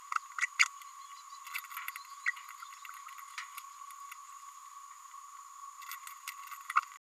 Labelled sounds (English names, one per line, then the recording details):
Green-rumped Parrotlet babbling
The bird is a male
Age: 31 days
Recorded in a nest box in Venezuela
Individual 17B102A4